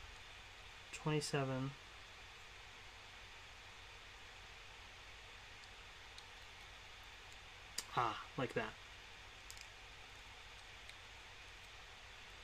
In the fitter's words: Doesn't really click in or lock into place, but